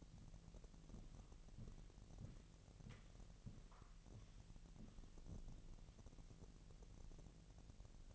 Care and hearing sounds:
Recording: daily activity, microphone in the room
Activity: walk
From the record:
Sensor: 4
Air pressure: 1002.9 hPa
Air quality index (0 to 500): 249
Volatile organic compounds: 28 ppm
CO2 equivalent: 2901 ppm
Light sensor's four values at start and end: 8/17/7/7 and 8/17/7/7

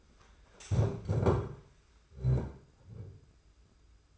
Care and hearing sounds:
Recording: daily activity, microphone in the room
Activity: stand up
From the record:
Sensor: 2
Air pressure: 991.5 hPa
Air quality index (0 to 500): 172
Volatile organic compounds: 1000 ppm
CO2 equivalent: 5534 ppm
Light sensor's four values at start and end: 28/87/34/32 and 25/80/31/30

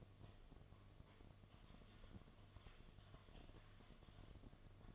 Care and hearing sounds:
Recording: daily activity, microphone in the room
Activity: typing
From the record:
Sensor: 4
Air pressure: 1005.2 hPa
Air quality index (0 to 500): 182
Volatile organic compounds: 5 ppm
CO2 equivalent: 1791 ppm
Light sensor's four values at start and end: 6/12/5/4 and 6/12/5/4

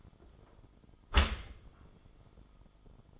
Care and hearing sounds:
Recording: daily activity, microphone in the room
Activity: close dishwasher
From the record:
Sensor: 5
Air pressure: 1004.8 hPa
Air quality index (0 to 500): 92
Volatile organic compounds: 2 ppm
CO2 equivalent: 1117 ppm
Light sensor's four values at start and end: 33/75/30/30 and 32/73/30/29

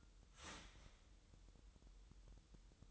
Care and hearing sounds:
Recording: daily activity, microphone in the room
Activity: start toaster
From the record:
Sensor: 3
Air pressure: 988.5 hPa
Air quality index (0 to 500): 194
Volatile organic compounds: 290 ppm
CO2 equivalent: 4458 ppm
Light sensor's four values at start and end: 23/72/30/26 and 23/72/30/26

